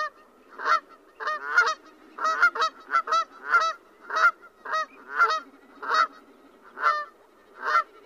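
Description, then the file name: Canada goose giving many repeated brassy, nasal honks, some doubled. "Canada Goose Branta canadensis"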